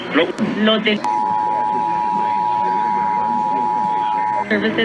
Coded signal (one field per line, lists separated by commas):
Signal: Emergency Alert System (SAME) tones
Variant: 853 and 960 Hz attention tone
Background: speech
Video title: Los Angeles Required Monthly Tests (EAS #5372-5427) 11/30/21